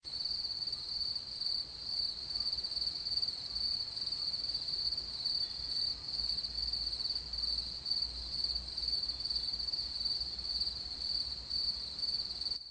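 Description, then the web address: Cricket chirping: a thin, high, continuous trill held at one steady pitch throughout, over low background rumble. "sons grillons"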